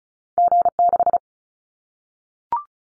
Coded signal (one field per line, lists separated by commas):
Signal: Morse code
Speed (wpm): 34 wpm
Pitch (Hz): 700 Hz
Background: none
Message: G6